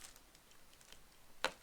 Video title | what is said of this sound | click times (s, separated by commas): Anxiety Art Adventures Adult Live Stream Diamond Painting and Pumpkin Trivia | hear that that was a pop in so | 1.4 s